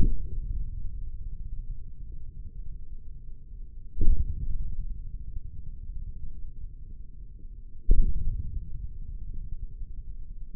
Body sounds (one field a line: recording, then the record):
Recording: forearm muscle sounds (acoustic myography)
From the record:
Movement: hand opening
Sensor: system 3, bracelet of six PUI Audio POM-2738L microphones around the upper forearm, with dedicated amplification and filtering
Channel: 6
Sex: male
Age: 55 years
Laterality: right